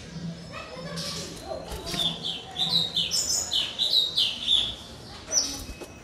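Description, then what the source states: White-rumped shama song: rich, varied high whistled phrases, some sliding and warbled, delivered in a lively run with a low steady hum underneath. Aggressive, fierce song of a white-rumped shama, used as a lure.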